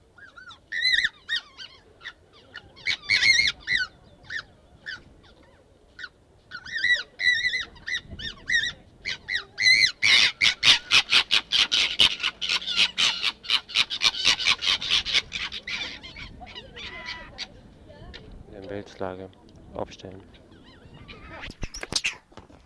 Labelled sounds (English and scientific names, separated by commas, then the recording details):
Corsac Fox (Vulpes corsac)
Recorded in captivity
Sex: pair
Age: adult
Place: Tierpark Berlin, Berlin, DE
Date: 1968-03-09 15:00
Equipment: R 20/1, Sennheiser MD 421
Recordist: Tembrock, Günter